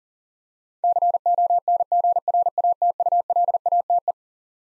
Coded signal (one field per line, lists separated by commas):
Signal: Morse code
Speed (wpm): 40 wpm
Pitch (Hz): 700 Hz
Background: none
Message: CONGRATULATE